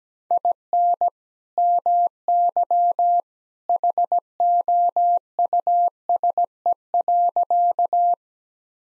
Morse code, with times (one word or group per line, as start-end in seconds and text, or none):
0.3-1.1 IN
1.6-3.2 MY
3.7-8.1 HOUSE.